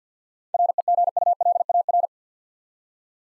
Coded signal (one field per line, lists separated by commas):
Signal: Morse code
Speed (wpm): 53 wpm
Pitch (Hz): 700 Hz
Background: none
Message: REGULAR